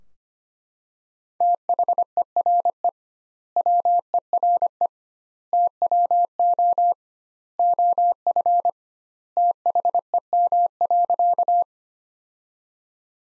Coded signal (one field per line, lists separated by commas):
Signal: Morse code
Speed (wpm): 25 wpm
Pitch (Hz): 700 Hz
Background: none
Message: THERE WERE TWO OF THEM.